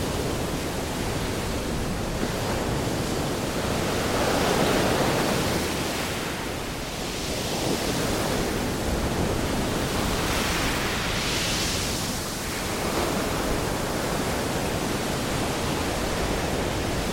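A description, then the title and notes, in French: Pacific waves make a dense, unbroken roar of surf that fills the clip from deep rumble to bright hiss. The wash swells gently around five seconds, and brighter, frothy surges break near eight and eleven seconds before settling back into the steady rush. Vagues apaisantes du Pacifique. Les doux murmures des vagues de l'océan.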